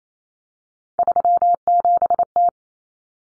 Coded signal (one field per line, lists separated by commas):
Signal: Morse code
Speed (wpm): 28 wpm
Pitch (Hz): 700 Hz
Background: none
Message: 37T